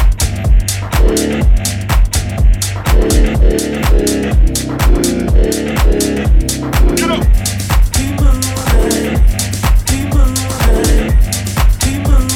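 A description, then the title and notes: New house music with a steady, driving kick drum about twice a second under a thick, low bass line and crisp hi-hats. The beat stays dense and unbroken throughout, and a brighter melodic synth line joins around the seventh second. New house sounds.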